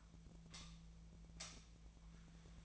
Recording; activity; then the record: daily activity, microphone in the room; light off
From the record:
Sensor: 1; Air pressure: 1009.8 hPa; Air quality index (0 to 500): 189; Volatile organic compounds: 17 ppm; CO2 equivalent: 2588 ppm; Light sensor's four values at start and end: 46/133/55/62 and 35/89/37/45